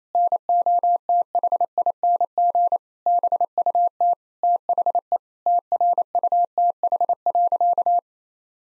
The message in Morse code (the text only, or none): NOTHING BUT THE TRUTH.